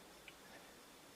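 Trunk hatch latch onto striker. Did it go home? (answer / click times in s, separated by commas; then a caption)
no / none. The trunk deck lid of a 5.3 LS-swapped Firebird is lowered onto the latch striker to check alignment, landing centered over a steady low hiss. Only a faint tap is heard around 0.3 s, and the latch has not caught or clicked.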